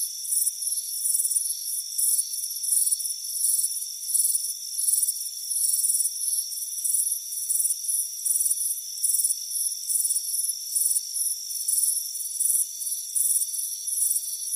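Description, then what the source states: Crickets trill in rapid, shrill pulses that blur into a near-continuous chorus, above a steady high whine. Soothing cricket chirping on a warm afternoon on a front porch.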